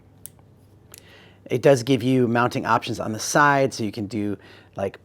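A DJI Action 5 Pro action camera sits in an aluminum alloy camera cage, and its latch is worked, giving sharp clicks at 0.3 s and 0.9 s as the cage latch locks and the camera is seated. Someone then talks.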